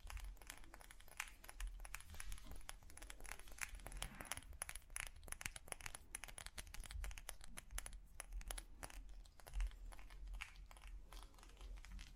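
Irregular, dense tapping on different objects, sharp bright clicks in quick uneven bursts throughout, over a steady low rumble underneath.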